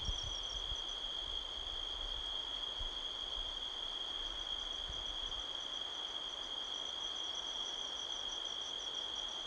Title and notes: Midnight Soundscape, Sedona, Arizona, USA on 5th October 2023 – by Joe Harvey-Whyte. A strong wind blows across the canyon, rustling trees. The sound of crickets can be heard all around